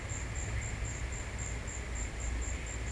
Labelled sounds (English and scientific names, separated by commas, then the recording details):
none
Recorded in secondary vegetation near Puerto Asís, Putumayo, Colombia, on 13 March 2025 at 17:00
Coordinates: 0.498, -76.327
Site G001